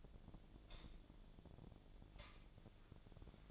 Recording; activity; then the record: daily activity, microphone in the room; light on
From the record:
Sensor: 5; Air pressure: 1009.9 hPa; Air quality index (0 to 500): 159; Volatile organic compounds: 4 ppm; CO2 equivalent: 1550 ppm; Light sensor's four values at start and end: 184/465/193/208 and 185/469/195/210